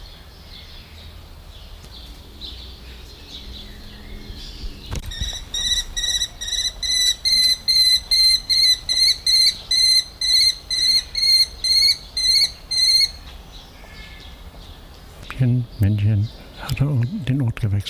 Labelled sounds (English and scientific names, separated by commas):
Mauritius Kestrel (Falco punctatus) call